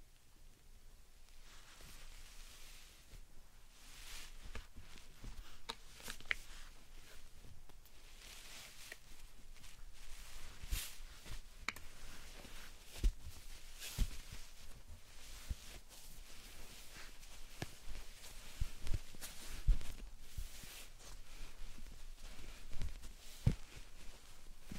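Slime and sand being squished and stirred: dense, irregular crackly clicks and soft bright hiss, with sharper pops scattered throughout.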